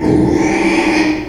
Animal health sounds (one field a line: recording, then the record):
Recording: squeal of a Yucatan mini pig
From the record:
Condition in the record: after surgery on the right vocal fold (resection and tissue-engineered implant)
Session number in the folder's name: 2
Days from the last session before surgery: 13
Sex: male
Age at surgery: 12 weeks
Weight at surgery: 13 kg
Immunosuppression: cyclosporine, prednisolone